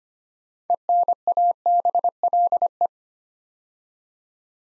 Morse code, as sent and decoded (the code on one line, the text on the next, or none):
. -. .- -... .-.. .
ENABLE